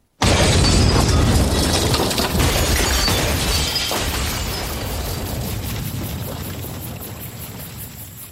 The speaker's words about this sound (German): Experimente mit 1000 Gerätschaften, in einem Labor mit vielen Versuchen und am Ende eventuell einem großen Knall.